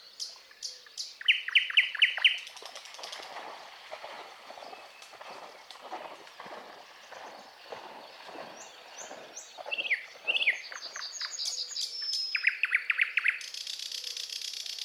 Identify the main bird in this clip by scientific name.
Luscinia luscinia